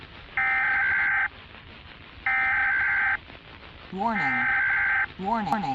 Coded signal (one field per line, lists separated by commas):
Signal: Emergency Alert System (SAME) tones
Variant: header bursts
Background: speech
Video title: EAS Scenario | Zombie Virus Outbreak | Analog Horror